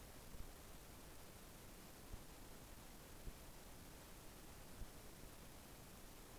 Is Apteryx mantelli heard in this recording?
no